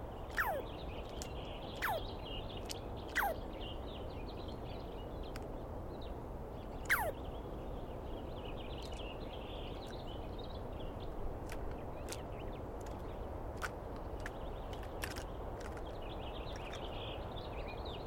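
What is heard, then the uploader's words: A Douglas pine squirrel calls at dawn in the forest, giving sharp, descending squeals near the start and around seven seconds, with short clicks and ticks scattered throughout. Softer chattering sits in the background over a steady low rumble. I set up my microphones and recorder for a nice dawn recording in the East Cascades. I was started awake by a screaming Douglas Pine Squirrel.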